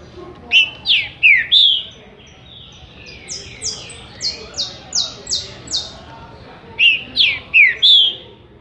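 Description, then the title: Green-winged saltator song: rich slurred whistled notes in quick succession, then a run of short, thin high notes, then the whistled phrase returns. Song of a trinca-ferro used to warm up a caged bird. "Canto De Trinca Ferro Voz 06. CANTO PARA ESQUENTAR SEU TRINCA FERRO"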